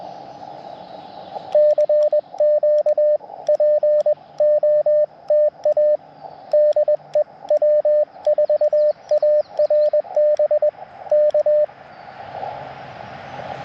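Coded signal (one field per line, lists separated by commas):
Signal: Morse code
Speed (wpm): 21 wpm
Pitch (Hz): 600 Hz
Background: radio noise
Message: CQ POTA DEW4ARB K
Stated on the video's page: QRP CW Parks on the Air activation on 30 meters with an Elecraft KX2, paddle key and end-fed half-wave antenna.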